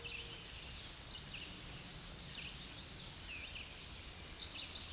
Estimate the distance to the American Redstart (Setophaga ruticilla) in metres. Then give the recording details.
about 35 m. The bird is about 5 m above the microphone. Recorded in a Pennsylvania forest on 16 May 2024 at 07:40. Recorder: AudioMoth, point MSD-0383. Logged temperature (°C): 15.3 °C. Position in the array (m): 116 m, 230 m